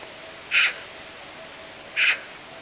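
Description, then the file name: Eurasian magpie making two short, rough, noisy calls roughly one and a half seconds apart, with a faint steady hiss behind them. "Pica pica"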